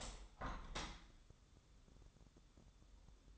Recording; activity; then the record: daily activity, microphone in the room; open window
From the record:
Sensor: 3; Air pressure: 1014.9 hPa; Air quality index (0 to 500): 76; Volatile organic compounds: 2 ppm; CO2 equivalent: 1032 ppm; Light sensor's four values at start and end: 9/22/9/9 and 9/22/9/9